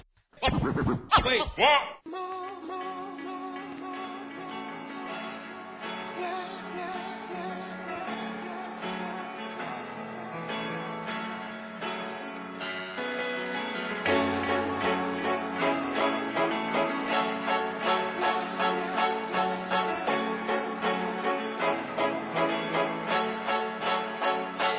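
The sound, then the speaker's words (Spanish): A Spanish rap track plays, opening with a short scratchy burst before a melodic instrumental settles in; about halfway through, a steady, punchy beat kicks in and the music grows fuller and louder. “relajémonos con una música. Un tema que aquí mi brother H me sugirió”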